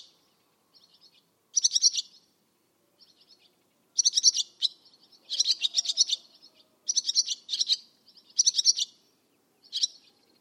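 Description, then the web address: Bird giving bright, high trilled bursts, loud phrases alternating with softer chirps and short silences. "Bird Only"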